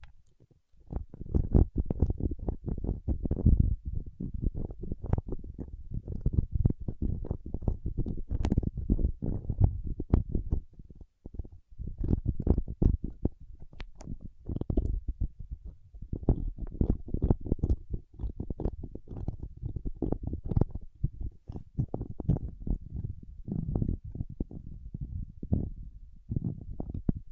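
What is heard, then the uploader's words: Fingertips work through wax in a dense, continuous run of low, sticky squelches and taps, pausing briefly around eleven seconds. ASMR with Wax Fingertips for Sleep (No Talking).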